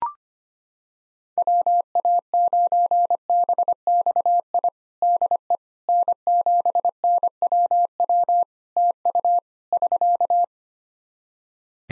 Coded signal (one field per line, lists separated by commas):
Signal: Morse code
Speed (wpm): 25 wpm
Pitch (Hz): 700 Hz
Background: none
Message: WA9BXI DE N7NWW TU <SK>